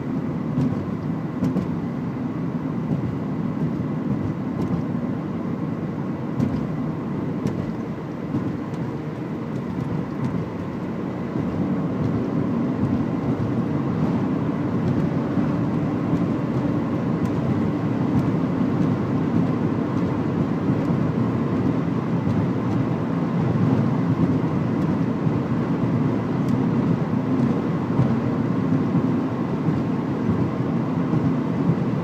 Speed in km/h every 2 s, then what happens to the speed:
74, 74, 76, 78, 82, 86, 89, 93, 96, 99, 100, 100, 100, 100, 100, 100.
0-18 speeds up to 99. 18-32 steady at about 100.